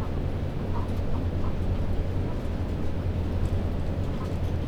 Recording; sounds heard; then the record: poultry house recording; healthy chickens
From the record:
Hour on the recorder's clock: 22